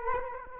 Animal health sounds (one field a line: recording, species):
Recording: mosquito wingbeat signal from an infrared sensor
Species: Culex quinquefasciatus